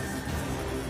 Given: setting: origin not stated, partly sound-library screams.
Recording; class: one-second piece from a danger detection set; woman in danger